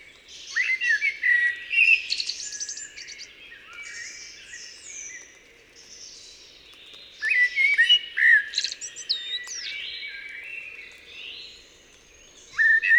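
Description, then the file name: Eurasian blackbird song with several loud phrases of rich whistles ending in high squeaky flourishes, quieter twittering in between. "Turdus merula"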